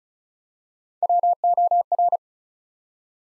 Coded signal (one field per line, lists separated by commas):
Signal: Morse code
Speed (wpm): 36 wpm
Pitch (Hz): 700 Hz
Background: none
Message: WOR